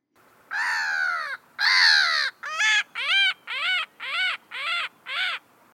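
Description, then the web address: Black-headed Gull harsh calls: two long, drawn-out, descending screeches, then six shorter arched squawks repeated about every half second. No other sounds. "voegel-aber-cool lachmoewe"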